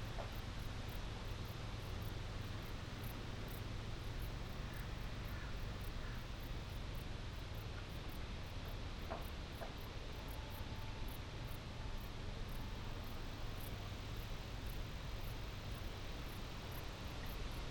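Balmy country sounds: a steady, dense outdoor hiss with a low rumble underneath, and faint brief chirps or calls around the middle.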